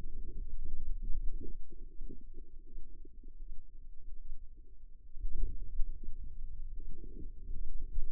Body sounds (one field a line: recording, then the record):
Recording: forearm muscle sounds (acoustic myography)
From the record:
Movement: finger pinch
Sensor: system 2, bracelet of six BSWA MPA416 microphones around the upper forearm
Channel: 1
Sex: female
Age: 25 years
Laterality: right